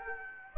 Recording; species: mosquito wingbeat signal from an infrared sensor; Aedes aegypti